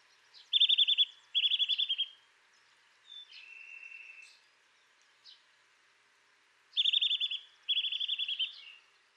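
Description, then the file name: Eurasian nuthatch repeating pairs of fast, high trilled notes, with a softer drawn-out note and faint chips in the gap between pairs. "Sitta europaea"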